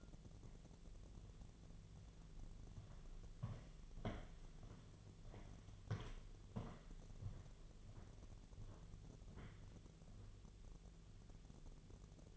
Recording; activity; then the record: daily activity, microphone in the room; walk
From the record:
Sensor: 4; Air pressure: 1009.2 hPa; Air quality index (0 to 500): 170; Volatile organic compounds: 5 ppm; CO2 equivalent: 1708 ppm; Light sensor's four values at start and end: 25/77/29/28 and 25/77/29/28